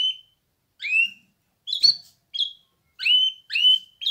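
Canary calls, short high chirps repeated at intervals, with silence between them.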